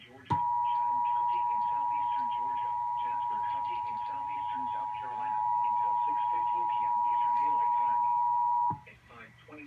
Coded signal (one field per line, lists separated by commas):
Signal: Emergency Alert System (SAME) tones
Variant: 853 and 960 Hz attention tone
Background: speech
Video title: Tornado Warning! (EAS 1.3K) NWS Columbia, SC [Trimmed to avoid Copyright]